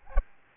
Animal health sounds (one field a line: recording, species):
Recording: mosquito wingbeat signal from an infrared sensor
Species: Aedes albopictus